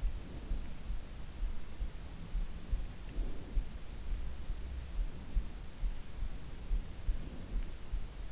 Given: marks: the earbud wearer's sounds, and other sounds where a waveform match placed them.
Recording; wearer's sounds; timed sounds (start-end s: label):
sounds in sleep by an in-ear microphone; breath
0.00-0.86 s: breath
2.86-3.83 s: breath
6.94-7.84 s: breath